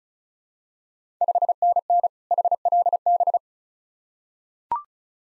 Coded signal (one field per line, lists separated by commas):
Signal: Morse code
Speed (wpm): 36 wpm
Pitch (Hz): 700 Hz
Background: none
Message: 5NN HLB